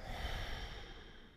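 A single long, airy breath, strongest at first and fading over about a second and a half, like a slow sighing exhale. An adult imitates slow, deep calming breathing; gently rising and falling breath stimulates the parasympathetic nervous system and the vagus nerve, sending soothing hormones through the body and calming negative thoughts and feelings.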